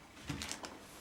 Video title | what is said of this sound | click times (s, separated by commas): Sebo K1 Pet Cylinder Vacuum Cleaner Unboxing & First Look | A nice click. | 0.4 s, 0.5 s